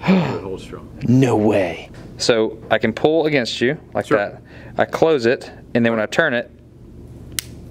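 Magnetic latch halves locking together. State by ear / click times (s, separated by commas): seated / 7.4 s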